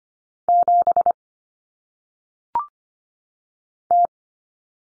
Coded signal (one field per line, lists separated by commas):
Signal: Morse code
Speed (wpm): 25 wpm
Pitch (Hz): 700 Hz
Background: none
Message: 7 T